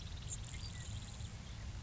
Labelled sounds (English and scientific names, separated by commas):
Grasshopper Sparrow (Ammodramus savannarum)